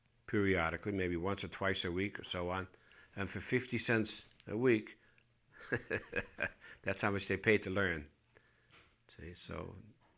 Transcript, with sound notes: periodically, maybe once or twice a week or so on. And for fifty cents a week, ( he laughs ) that's how much they paid to learn. So,